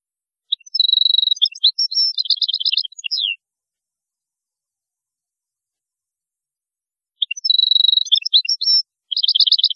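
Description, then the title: European goldfinch singing two bursts of bright, rapid twittering with buzzy trills and liquid notes, separated by about four seconds of silence. "Chant Chardonneret"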